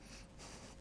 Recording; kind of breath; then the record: one breath in and out by a microphone near the nose and mouth; strong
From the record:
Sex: male